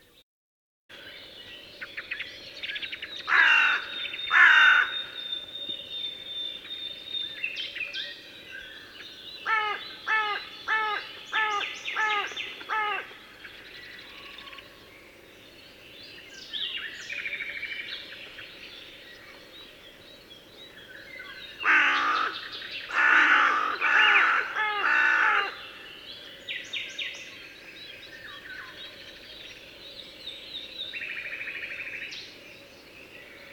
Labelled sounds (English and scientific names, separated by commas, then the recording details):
Hooded Crow (Corvus cornix) call
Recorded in the wild
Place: Dumbraveni, Transilvania, RO
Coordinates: 46.23, 24.575
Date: 1976-06-05
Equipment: Nagra III BH, Sennheiser MD 21, parabola
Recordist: Schubert, Michael